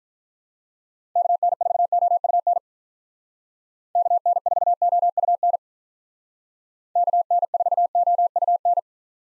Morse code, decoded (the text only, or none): KN4OUN KN4OUN KN4OUN